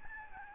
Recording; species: mosquito wingbeat signal from an infrared sensor; Aedes albopictus